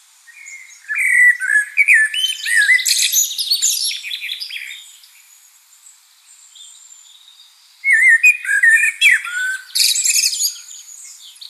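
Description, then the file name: Common blackbird song: mellow fluted warbles around a low pitch breaking into squeaky high twitters, a quiet pause, then a second warbled phrase with shrill chatter. "Turdus merula"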